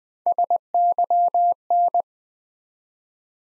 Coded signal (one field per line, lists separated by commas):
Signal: Morse code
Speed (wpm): 20 wpm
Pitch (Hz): 700 Hz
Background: none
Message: SYN